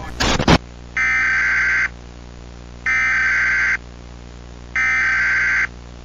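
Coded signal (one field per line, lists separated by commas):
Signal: Emergency Alert System (SAME) tones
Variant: header bursts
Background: speech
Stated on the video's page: Fictional EAS scenario.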